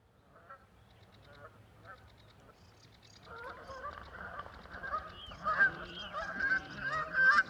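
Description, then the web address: Canada goose honks: a faint scattered start, then a dense chorus of many overlapping nasal honks building louder toward the end. "cantos gansocanadiense"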